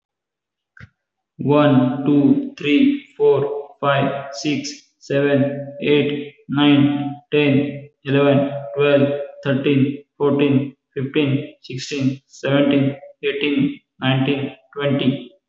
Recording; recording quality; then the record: counting at a normal pace; excellent, no background noise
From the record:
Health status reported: healthy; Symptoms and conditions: none ticked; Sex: male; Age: 21 years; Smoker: not ticked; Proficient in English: yes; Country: India